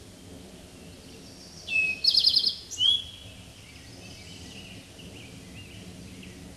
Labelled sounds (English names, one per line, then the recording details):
Eastern Towhee song
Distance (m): 10 m
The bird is about level with the microphone
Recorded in a Pennsylvania forest on 16 May 2024 at 09:47
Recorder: AudioMoth, point MSD-2166
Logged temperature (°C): 16.3 °C
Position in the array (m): 106 m, 8 m